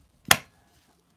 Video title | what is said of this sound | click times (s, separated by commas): I am excited to share my thrilling unboxing experience of the amazing DJI Mic 2 | it in, something like this, and then there's a click there, so it's actually | 0.3 s